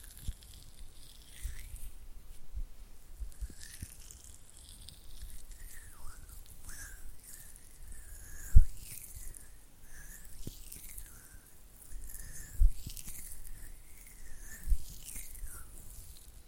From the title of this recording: Oily Hand and Flutter Finger Sounds